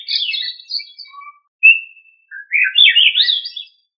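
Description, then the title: Thrush singing a mix of high chattering notes, a clear whistled note and a longer warbled phrase that climbs. "Familia Turdidae - Sabia"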